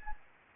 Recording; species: mosquito wingbeat signal from an infrared sensor; Anopheles gambiae